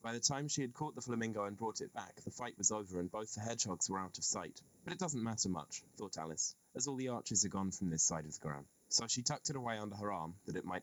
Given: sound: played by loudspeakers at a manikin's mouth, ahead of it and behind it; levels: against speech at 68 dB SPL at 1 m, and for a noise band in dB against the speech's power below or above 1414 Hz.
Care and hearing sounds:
test signals for a remote microphone
0.00-10.83 s: man speaking
From the record:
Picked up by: remote microphone A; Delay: 47 ms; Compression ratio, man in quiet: 8.14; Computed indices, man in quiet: SII 0.991, HASPI 1.000, HASQI 0.503 (non-linear 0.584, linear 0.862), ESTOI 0.841

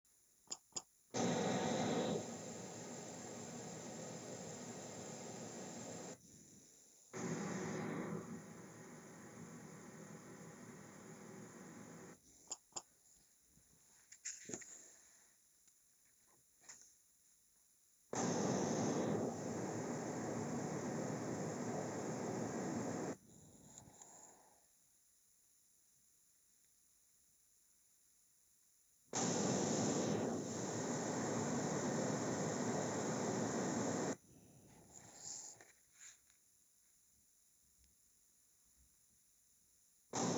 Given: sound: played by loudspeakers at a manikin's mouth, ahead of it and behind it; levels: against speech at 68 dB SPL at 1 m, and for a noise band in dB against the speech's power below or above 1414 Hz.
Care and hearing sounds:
test signals for a remote microphone
0.50 s: click
0.75 s: click
1.13-6.13 s: speech-spectrum noise from ahead
7.13-12.13 s: speech-spectrum noise from behind
12.50 s: click
12.75 s: click
18.13-23.13 s: speech-spectrum noise from the mouth, turned 45 degrees left
29.13-34.13 s: speech-spectrum noise from the mouth, facing ahead
40.13-40.38 s: speech-spectrum noise from the mouth, turned 45 degrees right
From the record:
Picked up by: remote microphone A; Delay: 47 ms

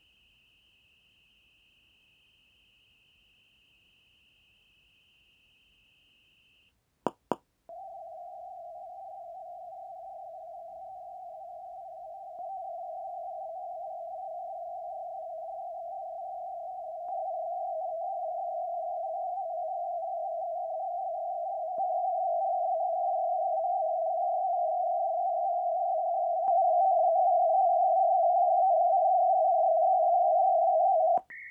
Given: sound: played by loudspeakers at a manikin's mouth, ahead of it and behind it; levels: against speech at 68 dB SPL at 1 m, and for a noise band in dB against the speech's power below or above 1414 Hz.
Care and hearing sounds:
test signals for a remote microphone
0.00-6.69 s: noise band at 2828 Hz, as loud as that band is in speech
7.07 s: click
7.32 s: click
7.69-12.39 s: noise band at 707 Hz, -10 dB
12.39-17.09 s: noise band at 707 Hz, -5 dB
17.09-21.78 s: noise band at 707 Hz, 0 dB
21.78-26.48 s: noise band at 707 Hz, +5 dB
26.48-31.18 s: noise band at 707 Hz, +10 dB
31.30-31.51 s: noise band at 2000 Hz, +10 dB
From the record:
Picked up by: measurement microphone

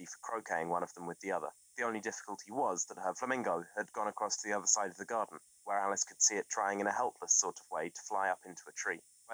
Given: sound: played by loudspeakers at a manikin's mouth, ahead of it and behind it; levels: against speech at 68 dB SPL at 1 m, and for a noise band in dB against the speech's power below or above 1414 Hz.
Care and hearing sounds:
test signals for a remote microphone
0.00-9.34 s: man speaking
From the record:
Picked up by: remote microphone C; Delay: 23 ms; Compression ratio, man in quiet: 1.79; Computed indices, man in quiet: SII 0.993, HASPI 0.992, HASQI 0.254 (non-linear 0.305, linear 0.832), ESTOI 0.734

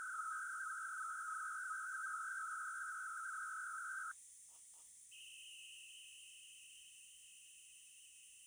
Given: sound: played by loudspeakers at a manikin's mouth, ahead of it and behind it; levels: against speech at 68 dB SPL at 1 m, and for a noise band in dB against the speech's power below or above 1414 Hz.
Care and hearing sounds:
test signals for a remote microphone
0.00-4.11 s: noise band at 1414 Hz, as loud as that band is in speech
5.11-8.47 s: noise band at 2828 Hz, as loud as that band is in speech
From the record:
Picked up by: remote microphone C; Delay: 23 ms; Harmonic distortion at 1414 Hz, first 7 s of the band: under -40 dB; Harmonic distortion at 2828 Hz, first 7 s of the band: under -9 dB (system noise only)

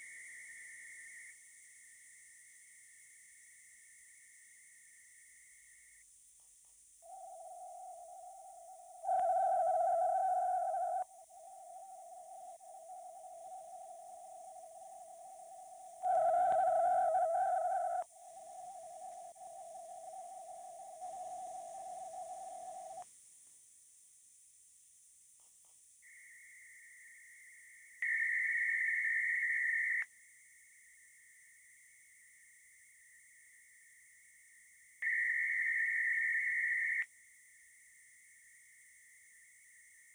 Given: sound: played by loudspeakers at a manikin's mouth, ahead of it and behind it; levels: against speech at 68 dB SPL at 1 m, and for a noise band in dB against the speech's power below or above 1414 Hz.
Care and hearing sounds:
test signals for a remote microphone
0.00-1.32 s: noise band at 2000 Hz, -5 dB
1.32-6.02 s: noise band at 2000 Hz, -10 dB
7.02-9.02 s: noise band at 707 Hz, -13 dB
9.02-11.02 s: noise band at 707 Hz, +22 dB
11.02-16.02 s: noise band at 707 Hz, -13 dB
16.02-18.02 s: noise band at 707 Hz, +22 dB
18.02-23.02 s: noise band at 707 Hz, -13 dB
26.02-28.02 s: noise band at 2000 Hz, -13 dB
28.02-30.02 s: noise band at 2000 Hz, +22 dB
30.02-35.02 s: noise band at 2000 Hz, -13 dB
35.02-37.02 s: noise band at 2000 Hz, +22 dB
37.02-40.15 s: noise band at 2000 Hz, -13 dB
From the record:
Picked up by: remote microphone D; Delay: 24 ms

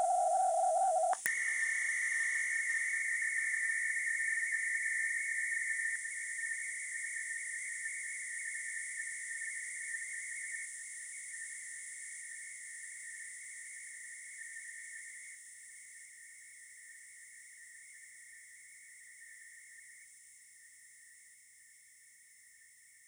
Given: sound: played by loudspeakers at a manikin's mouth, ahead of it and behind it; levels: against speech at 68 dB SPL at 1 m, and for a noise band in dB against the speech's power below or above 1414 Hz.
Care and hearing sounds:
test signals for a remote microphone
0.00-1.13 s: noise band at 707 Hz, +10 dB
1.25-5.95 s: noise band at 2000 Hz, +10 dB
5.95-10.65 s: noise band at 2000 Hz, +5 dB
10.65-15.35 s: noise band at 2000 Hz, 0 dB
15.35-20.04 s: noise band at 2000 Hz, -5 dB
20.04-23.08 s: noise band at 2000 Hz, -10 dB
From the record:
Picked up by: remote microphone C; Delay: 23 ms

